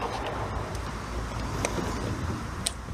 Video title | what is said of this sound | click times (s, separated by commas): Aston V8 Vanatge (& DB9) Exhaust Remote Control Module Installation in 90 secs and testing | clicks back in place not sure if you heard the click and the | 2.7 s